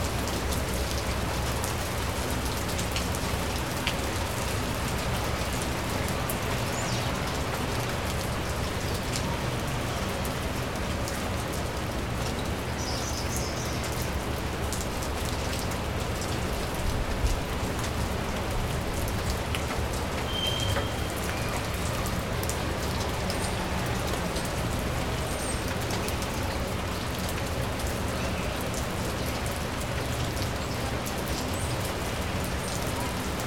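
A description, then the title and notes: Steady rain falls throughout, a dense, even patter with no letup across the whole half minute. A low rumble sits underneath, and a few faint brighter chirps or drips surface briefly around the middle, but the wash of rain stays constant. East NY Rain. Leaving the Outpost we are suddenly caught in a rainstorm, seeking refuge under the awning of a shop that has gone out of business. For an area with such a high population density there is a surprising lack of road traffic. This allows for the fairly heavy rain to be the main sound source.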